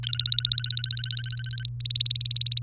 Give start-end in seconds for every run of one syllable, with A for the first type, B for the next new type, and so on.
0.03-1.67 A, 1.80-2.62 B